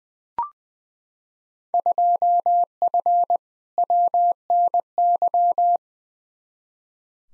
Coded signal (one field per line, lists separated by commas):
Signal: Morse code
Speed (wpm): 21 wpm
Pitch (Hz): 700 Hz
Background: none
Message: 2F WNY